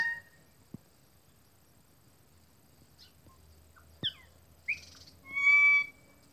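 Bird calls: scattered short chirps and twangy notes with a few clicks, ending in a loud, steady, high whistle lasting about half a second.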